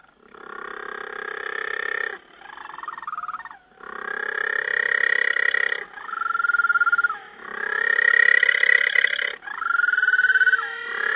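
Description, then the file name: Little penguin calling, long harsh braying notes with rasping buzzy phrases alternating with higher whining tones, several bouts in a row. Calls recorded at a breakwater in St Kilda on 21 November 2009. "20091121 Little Penguin calls at St Kilda Breakwater"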